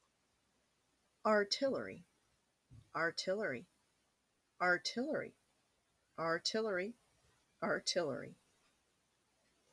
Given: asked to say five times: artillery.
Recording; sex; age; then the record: repeated word; female; 30 to 39 years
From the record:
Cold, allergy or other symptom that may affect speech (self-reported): no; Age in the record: 30 years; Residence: Iowa, United States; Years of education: 12